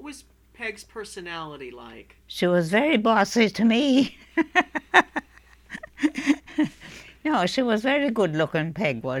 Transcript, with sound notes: What was Peg's personality like?
She was very bossy to me! ( she laughs ) No, she was very good-looking, Peg was.